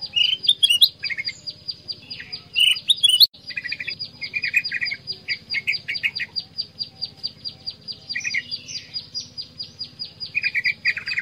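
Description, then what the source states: Black-crested bulbul song of short bubbly, whistled phrases at irregular intervals, over a fast high ticking rhythm and a low hum. Combination song used as masteran to train songbirds.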